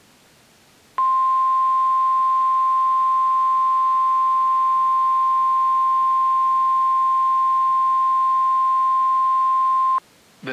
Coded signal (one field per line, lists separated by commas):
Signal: Emergency Alert System (SAME) tones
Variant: 1050 Hz attention tone